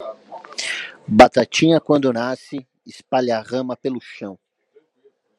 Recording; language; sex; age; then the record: short text; Brazilian Portuguese; male; 30 to 39 years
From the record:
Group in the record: control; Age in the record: 39 years